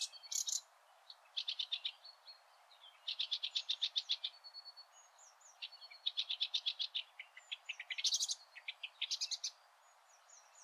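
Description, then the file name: Eurasian blackcap delivering fast chattering phrases of rapidly repeated scratchy notes, broken by short gaps and mixed with brief clear whistles, continuing throughout. "Sylvia atricapilla"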